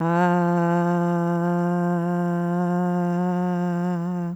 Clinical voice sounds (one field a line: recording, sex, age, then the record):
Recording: sustained vowel /a/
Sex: female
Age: 30 to 39 years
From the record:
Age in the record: 35 years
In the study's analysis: included